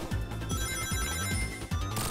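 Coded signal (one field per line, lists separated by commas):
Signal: none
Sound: phone ringtone in music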